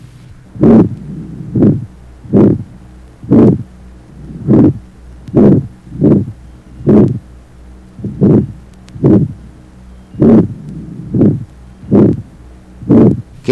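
Regular heartbeat about 68 a minute with a harsh systolic murmur heard at the aortic area in a 16-year-old, typical of congenital aortic stenosis.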